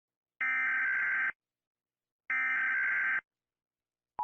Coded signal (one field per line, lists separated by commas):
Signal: Emergency Alert System (SAME) tones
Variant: header bursts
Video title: Rating EAS Alarms